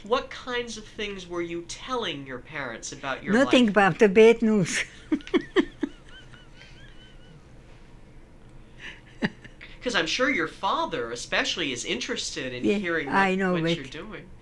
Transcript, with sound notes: What kinds of things were you telling your parents about your life?
Nothing about the bad news. (Laughs)
Cause I'm sure your father, especially is interested in...
Yeah, I know it.
hearing about what you're doing.